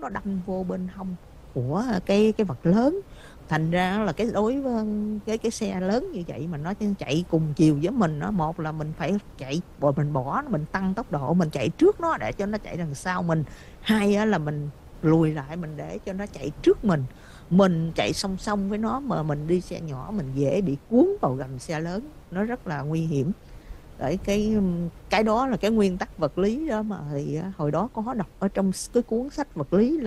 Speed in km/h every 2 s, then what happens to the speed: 61, 63, 63, 63, 63, 63, 64, 63, 64, 63, 63, 58, 52, 44, 37.
0-21 steady at about 63. 21-30 slows to 37.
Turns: none.